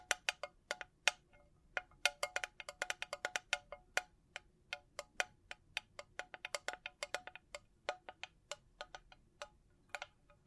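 Bling bling triggers: a rapid, irregular stream of small bright metallic clinks and taps, several per second, like jewelry or chime pieces knocking together. Each hit rings briefly with a high shimmer. A low, soft rumble runs steadily underneath.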